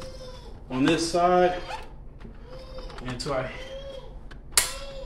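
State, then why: Seated. A swivelling part of a Joovy Nook high chair is lined up on one side of the chair frame and pressed on while someone talks. A sharp snap at 4.6 s marks the part seating onto the frame.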